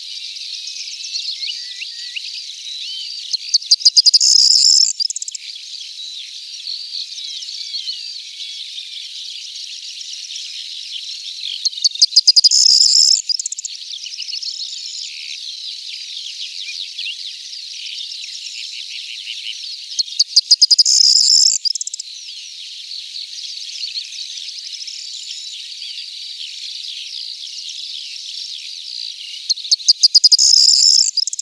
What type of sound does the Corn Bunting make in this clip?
song